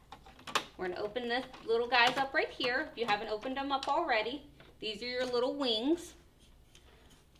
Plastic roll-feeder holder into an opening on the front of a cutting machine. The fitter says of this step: they're going to click right into there like that